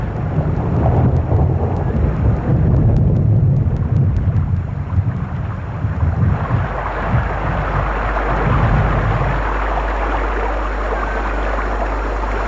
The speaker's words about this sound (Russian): И словно в ответ на его безрадостные слова начался потоп. Мы не слышали даже собственных слов. Огни города будто смыло. Мы сидели молча, пока гроза не утихла.